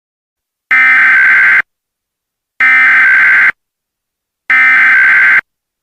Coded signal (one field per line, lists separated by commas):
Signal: Emergency Alert System (SAME) tones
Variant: header bursts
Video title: EAS MOCK 22 AMBER ALERT FOR ALL OF TENNESSEE